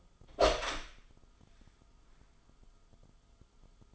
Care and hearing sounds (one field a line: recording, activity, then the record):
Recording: daily activity, microphone in the room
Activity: open door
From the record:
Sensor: 5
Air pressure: 1004.9 hPa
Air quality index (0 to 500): 104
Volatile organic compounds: 2 ppm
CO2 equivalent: 1274 ppm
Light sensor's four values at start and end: 35/82/33/32 and 35/82/33/32